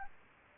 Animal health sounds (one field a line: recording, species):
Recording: mosquito wingbeat signal from an infrared sensor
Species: Aedes albopictus